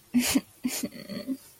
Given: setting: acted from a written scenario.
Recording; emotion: vocal sound without words; guilt